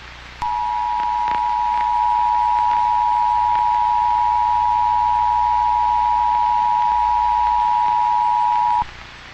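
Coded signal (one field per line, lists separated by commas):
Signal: Emergency Alert System (SAME) tones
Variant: 853 and 960 Hz attention tone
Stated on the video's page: Fictional Jurassic World analog horror scenario using valid EAS tones, made for a contest, not real.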